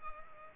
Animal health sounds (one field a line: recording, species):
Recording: mosquito wingbeat signal from an infrared sensor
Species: Culex pipiens